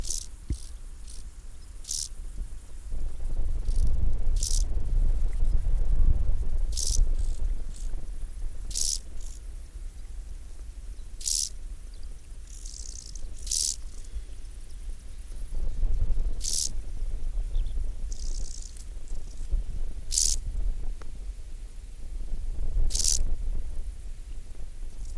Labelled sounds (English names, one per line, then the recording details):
Field Grasshopper stridulation
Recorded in the wild
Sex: male
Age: imago
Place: Wildpark Schorfheide, Schorfheide, Brandenburg, DE
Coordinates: 52.92, 13.56
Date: 1996-08-06 11:59
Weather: wechselnd wolkig, ca. 17°C
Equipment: Sony MD-WM MZ-R3, Sennheiser ME 80, Kopie Uher 4000 Report Monitor
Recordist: Tembrock, Günter
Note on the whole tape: Männchen (allein): Stridulation (keine Sonne)